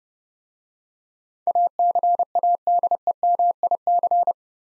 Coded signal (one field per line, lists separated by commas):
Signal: Morse code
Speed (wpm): 30 wpm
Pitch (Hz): 700 Hz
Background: none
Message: ACADEMIC